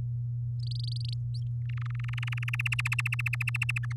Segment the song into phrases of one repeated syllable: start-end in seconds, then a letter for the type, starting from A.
0.59-1.14 A, 1.34-1.40 B, 1.69-2.81 C, 2.85-3.93 D